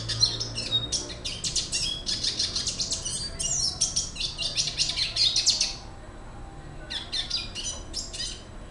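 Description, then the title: Red Siskin singing a long, unbroken run of rapid, high, chattering notes for about six seconds, then a brief pause and a shorter twittering burst. "Pavanegra. cardenalito cantando"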